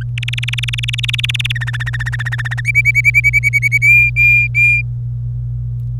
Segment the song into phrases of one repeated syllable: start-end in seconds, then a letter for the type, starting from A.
0.17-1.52 A, 1.55-2.61 B, 2.65-3.78 C, 3.82-4.82 D